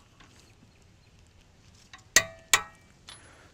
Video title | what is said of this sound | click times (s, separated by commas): BONOSS (formerly bloxsport) wheel spacer installation on Tesla Model 3 Performance | you just turn that until you hear the click that's when you know it's at 129. | 2.2 s, 2.5 s